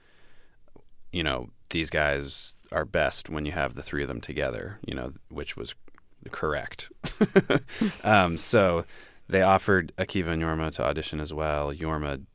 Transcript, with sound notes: you know, these guys are best when you have the three of them together, you know, which was correct.
(LAUGHTER)
So they offered Akiva and Jorme to audition as well.